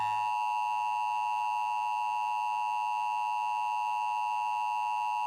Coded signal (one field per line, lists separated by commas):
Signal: Emergency Alert System (SAME) tones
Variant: 853 and 960 Hz attention tone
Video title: Perpetual Motion - Part 2 (EAS Scenario)